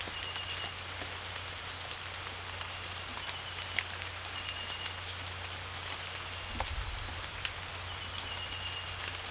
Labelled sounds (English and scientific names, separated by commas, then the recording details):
none
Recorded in pastures near Puerto Asís, Putumayo, Colombia, on 8 March 2025 at 02:00
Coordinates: 0.497, -76.327
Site G072